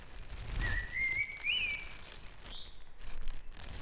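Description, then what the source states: Single bird phrase: a clear whistled note rising and wavering upward over about a second and a half, with faint higher chirps and low background rumble. Dawn chorus on Back Dragon Avenue in Harrogate, part of a sound map of the town.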